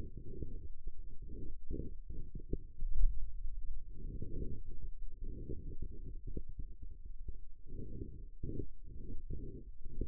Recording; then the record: forearm muscle sounds (acoustic myography)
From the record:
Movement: pen grasping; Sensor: system 2, bracelet of six BSWA MPA416 microphones around the upper forearm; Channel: 5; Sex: male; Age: 22 years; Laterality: right